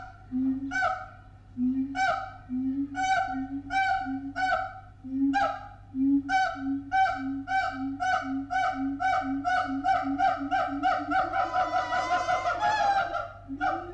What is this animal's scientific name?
Symphalangus syndactylus